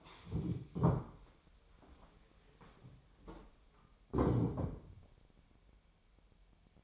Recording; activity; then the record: daily activity, microphone in the room; stand up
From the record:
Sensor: 1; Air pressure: 1015.2 hPa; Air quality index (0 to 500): 193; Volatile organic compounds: 20 ppm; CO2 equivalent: 2698 ppm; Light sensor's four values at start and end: 12/30/12/13 and 12/30/12/13